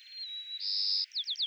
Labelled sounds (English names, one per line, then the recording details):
White-crowned Sparrow song
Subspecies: nuttalli
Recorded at Gualala, California, in 2014
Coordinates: 38.758, -123.528
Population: north
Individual GUA_male5_14